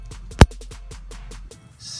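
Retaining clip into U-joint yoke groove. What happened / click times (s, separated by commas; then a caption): The steel retaining clip snapped into its groove / 0.4 s. A steel retaining clip is pressed into its groove in a driveshaft U-joint yoke to hold the U-joint cap. Over a background of soft, regular rhythmic taps, the clip snaps in with one sharp, loud click at 0.4 seconds. It goes in smoothly and is seated.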